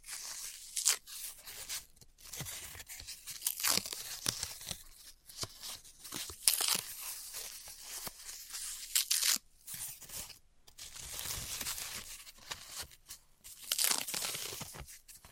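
Floral foam being cut and crushed, with a stream of crisp, bright crunching and tearing scrapes that come in irregular bursts. Sharp clicks and snaps punctuate the texture, with brief quiet gaps near 5, 10 and 13 seconds before the crunching resumes.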